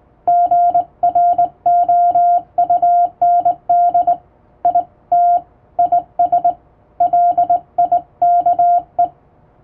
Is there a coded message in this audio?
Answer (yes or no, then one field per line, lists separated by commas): yes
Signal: Morse code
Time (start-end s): 0.3-9.0 s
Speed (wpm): 21 wpm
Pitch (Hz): 700 Hz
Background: none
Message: GROUND IT IS LIKE